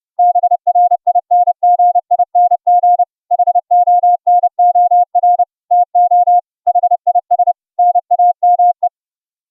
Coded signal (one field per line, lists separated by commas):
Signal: Morse code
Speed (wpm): 31 wpm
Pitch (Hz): 710 Hz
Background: music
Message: BRINGING HONOR TO HIS NAME